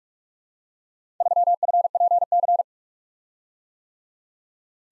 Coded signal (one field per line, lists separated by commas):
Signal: Morse code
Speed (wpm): 42 wpm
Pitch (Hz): 700 Hz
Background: none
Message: 3FPC